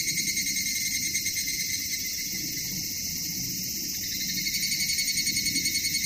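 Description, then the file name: Evening cicada song, a high rhythmic pulsing ring, beating strongly at the start and end with a steadier drone between. "higurashi"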